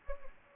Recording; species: mosquito wingbeat signal from an infrared sensor; Anopheles gambiae